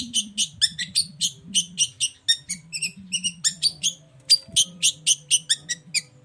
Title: Cendet Gacor Dor Di Kala Pagi Toet Toet Variasi Suara. Pancingan Emosi Cendet Gacor Full Variasi Toet Toet Bikin Nyaut Cendet Lain Langsung Ikutan Bunyi